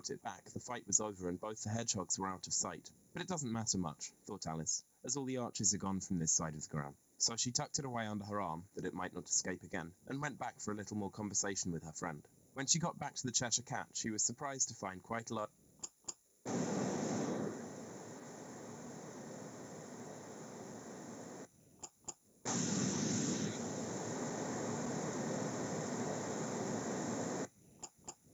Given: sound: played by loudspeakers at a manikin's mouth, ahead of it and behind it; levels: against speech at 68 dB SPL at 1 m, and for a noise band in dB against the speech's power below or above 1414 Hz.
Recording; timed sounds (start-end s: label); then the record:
test signals for a remote microphone
0.00-15.45 s: man speaking
15.82 s: click
16.07 s: click
16.45-21.45 s: speech-spectrum noise, -10 dB
21.82 s: click
22.07 s: click
22.45-27.45 s: speech-spectrum noise, 0 dB
27.82 s: click
28.07 s: click
From the record:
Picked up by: remote microphone A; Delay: 47 ms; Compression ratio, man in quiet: 8.14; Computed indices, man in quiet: SII 0.991, HASPI 1.000, HASQI 0.503 (non-linear 0.584, linear 0.862), ESTOI 0.841